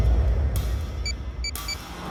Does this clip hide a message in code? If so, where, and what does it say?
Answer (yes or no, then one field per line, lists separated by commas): no